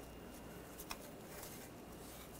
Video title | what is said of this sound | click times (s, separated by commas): How to Replace Dowstream O2 Oxygen Sensor Bank 2 Sensor 2 2009-2013 BMW 328i xDrive 3.0L I6 | Clicks in place | 0.9 s